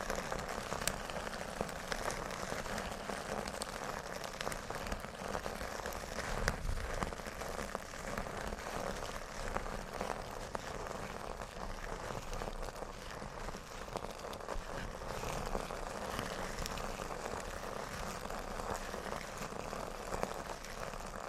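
Metal scrubbers are rolled and squeezed, making a dense, continuous crunchy crinkling that never pauses. Fine crackles pile on top of each other at an even, busy rate, bright and rustling, with a slight swell around seven seconds and a soft low rumble underneath.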